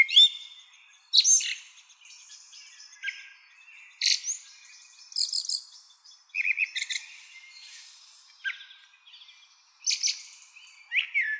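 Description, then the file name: Common blackbird giving scattered high chirps and squeaky tweets, spaced irregularly about once a second. "Turdus merula"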